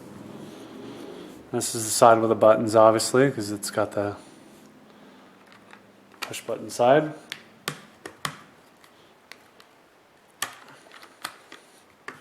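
Someone talks while handling the button-side plastic end cap of a Jawbone Big Jambox portable speaker next to its housing, where it will be pressed until its plastic clips snap in. Sharp taps and clicks of handling are heard, but nothing has seated or clicked into place yet.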